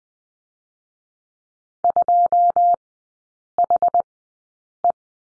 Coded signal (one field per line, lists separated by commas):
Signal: Morse code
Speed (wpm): 20 wpm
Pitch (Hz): 700 Hz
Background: none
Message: 2HE